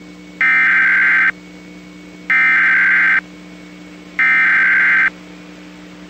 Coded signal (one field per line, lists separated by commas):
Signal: Emergency Alert System (SAME) tones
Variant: header bursts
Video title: (Fail) NOAA EAS LOCAL AREA EMERGENCY 1/26/21